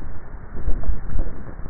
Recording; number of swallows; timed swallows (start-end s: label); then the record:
swallowing sounds by neck microphone; 1
0.58-1.28 s: swallow
From the record:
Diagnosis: dysphagia